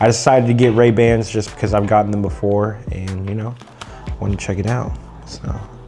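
A snap button on a leather eyeglasses case is being handled while someone talks. The snap has not clicked shut yet, and nothing has seated by the end of the clip.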